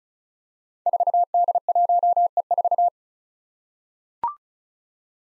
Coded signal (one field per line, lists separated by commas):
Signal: Morse code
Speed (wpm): 36 wpm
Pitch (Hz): 700 Hz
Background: none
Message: 4D1E4